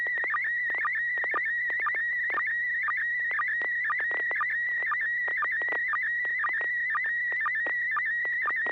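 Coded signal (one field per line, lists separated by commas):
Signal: SSTV (slow-scan television)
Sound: steady warbling whistle near 2 kHz with regular low blips, crackly clicks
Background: FM radio static, low hum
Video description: Watch and interact with our members as we exchange Slow Scan Television images via amateur radio.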